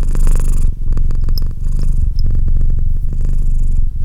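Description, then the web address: Domestic cat purring steadily, a low continuous rumble with rapid pulses and brief breathy breaks between inhale and exhale. "Cat Purr 201308 Cat purr"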